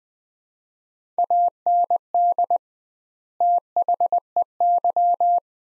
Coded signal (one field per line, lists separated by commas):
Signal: Morse code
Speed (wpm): 20 wpm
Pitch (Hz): 700 Hz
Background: none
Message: AND THEY